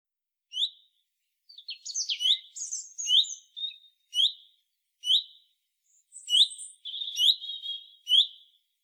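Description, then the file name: Common chaffinch giving bright clipped rising notes at an uneven pace, about one a second, mixed with softer high twitters. "Fringilla coelebs"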